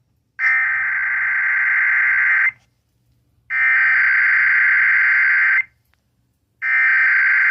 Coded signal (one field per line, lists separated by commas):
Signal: Emergency Alert System (SAME) tones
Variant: header bursts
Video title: WELCOME 3500, RWT Tests (EAS #3,499-3,503) More Lamar Arisons Tech #shorts